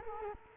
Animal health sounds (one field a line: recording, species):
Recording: mosquito wingbeat signal from an infrared sensor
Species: Culex quinquefasciatus